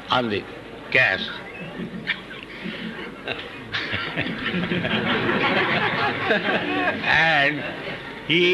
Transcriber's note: laughs